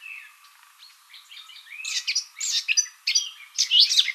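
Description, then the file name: Eurasian blackcap song opening with quiet, soft notes, then swelling after two seconds into loud, bright, rapid warbling with clear whistled phrases. "Sylvia atricapilla"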